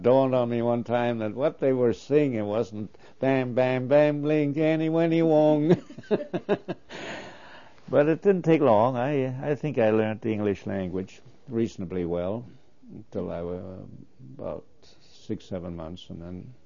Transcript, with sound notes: It dawned on me then that what they were singing wasn't bam, bam, blink any, any wong,. (he laughs) But it didn't take long, I think I learned the English language reasonably well, till I, uh, about six or seven months and then.